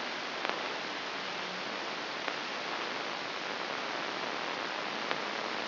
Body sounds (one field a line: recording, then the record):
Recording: brain microelectrode recording played as sound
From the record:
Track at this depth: inside the subthalamic nucleus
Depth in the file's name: 3.129 mm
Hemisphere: left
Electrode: 3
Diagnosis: Parkinson's disease